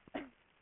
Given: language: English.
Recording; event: throat vibration sensor signal played as sound; cough